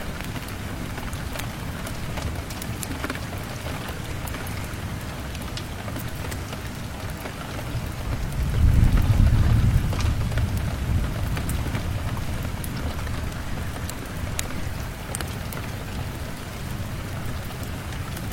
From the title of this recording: Outside the windows of the warm house, there is heavy rain, strong winds and thick firewood